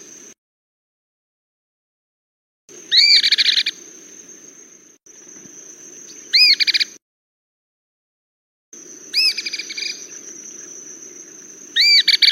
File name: Canto do gibao de couro